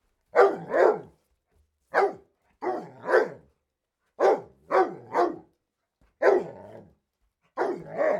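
Dog barking, sharp loud barks in singles, pairs and triples separated by short pauses, about eleven barks in all, with silence between.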